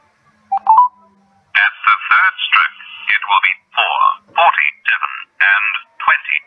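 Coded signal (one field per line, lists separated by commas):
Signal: speaking clock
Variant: Australian talking clock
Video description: I thought it would be worthwhile to record the prerecorded message that is spoken when you dial the number (1194).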